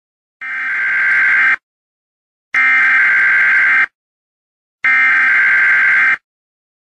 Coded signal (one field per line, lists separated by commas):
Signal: Emergency Alert System (SAME) tones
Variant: header bursts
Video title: Eas alert only on tv